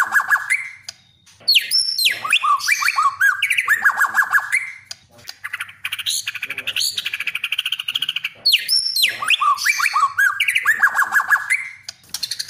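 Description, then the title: Oriental magpie-robin song with a whistled phrase of rising and falling slurs given twice, linked by rapid pulsed trills and chatter. "kacer"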